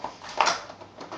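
The button on the shortest frame bar of a Mark 2 pet travel pod is pressed, and the bar is pushed into a plastic fitting. A faint tap comes at 0.1 s, then a sharp click at 0.4 s as the bar seats in the fitting, followed by a softer rustle near 1.1 s. The bar clicks into place.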